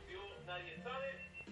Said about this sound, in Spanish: Está sonando el teléfono. Son tres tonos que tenemos que dejar, o si no la llamada se corta.